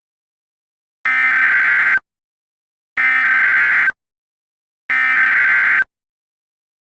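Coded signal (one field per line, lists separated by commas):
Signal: Emergency Alert System (SAME) tones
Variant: header bursts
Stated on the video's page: Fictional recreation of an EAS hijack; fake alert.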